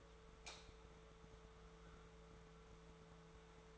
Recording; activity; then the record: daily activity, microphone in the room; light on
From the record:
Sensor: 3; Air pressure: 1014.7 hPa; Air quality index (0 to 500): 194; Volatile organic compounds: 25 ppm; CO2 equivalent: 2829 ppm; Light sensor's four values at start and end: 27/69/29/31 and 19/51/21/21